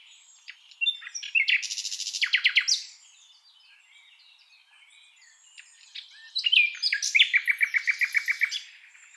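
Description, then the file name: Common nightingale song: two high, varied phrases, each building into a fast rattling run of repeated notes, with a quiet pause between them. "Luscinia megarhynchos"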